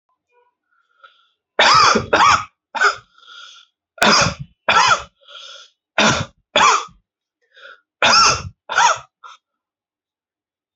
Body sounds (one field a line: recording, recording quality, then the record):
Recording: heavy voluntary cough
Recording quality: excellent, no background noise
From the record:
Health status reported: exposed to COVID-19, no respiratory illness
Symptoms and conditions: cough, cold, sore throat, loss of smell and taste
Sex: male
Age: 19 years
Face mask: not worn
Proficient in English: yes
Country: India